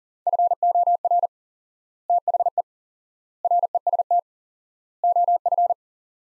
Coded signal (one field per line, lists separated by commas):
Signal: Morse code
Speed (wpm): 40 wpm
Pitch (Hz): 700 Hz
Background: none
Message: FOR THE REST OF